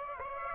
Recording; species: mosquito wingbeat signal from an infrared sensor; Aedes aegypti